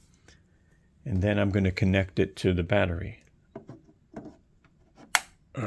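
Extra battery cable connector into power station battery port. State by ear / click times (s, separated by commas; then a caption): seated / 5.2 s. An extra battery cable's connector is plugged into the battery port of a Delta Pro power station while someone talks. After some soft handling clicks, a sharp, loud click at 5.2 s marks the connector latching into place, and it is seated.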